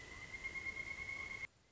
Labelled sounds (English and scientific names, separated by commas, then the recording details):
Pileated Woodpecker (Dryocopus pileatus)
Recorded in Sonoma County, California